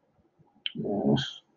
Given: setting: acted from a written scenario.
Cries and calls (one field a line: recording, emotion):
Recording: vocal sound without words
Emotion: embarrassment